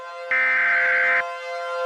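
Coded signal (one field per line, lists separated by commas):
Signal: Emergency Alert System (SAME) tones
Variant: header bursts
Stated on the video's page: Reconstructed real EAS alerts with valid tones from the North Dallas EF3 tornado.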